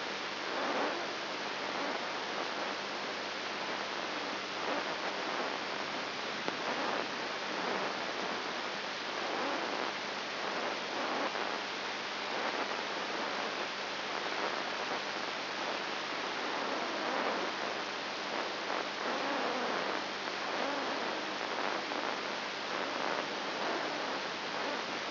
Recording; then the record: brain microelectrode recording played as sound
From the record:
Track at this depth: inside the subthalamic nucleus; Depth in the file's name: 1.106 mm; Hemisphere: left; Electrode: 3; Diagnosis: Parkinson's disease